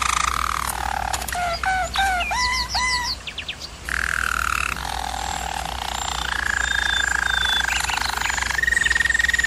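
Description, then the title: German Roller canary song: low rolling trills and tours, a run of quick rising notes, then long sustained rolls shifting pitch, over a steady low hum. Singing used for canary training. "German Roller Canary Singing - Canary Training Vid"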